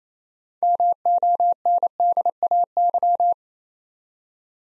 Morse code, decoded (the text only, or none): MONDAY